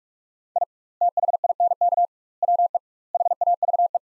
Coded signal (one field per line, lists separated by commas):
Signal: Morse code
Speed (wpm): 42 wpm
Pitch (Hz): 700 Hz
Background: none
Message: I THINK WE HAVE